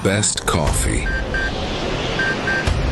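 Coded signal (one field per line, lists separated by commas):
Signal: none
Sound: TV commercial jingle beeps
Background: speech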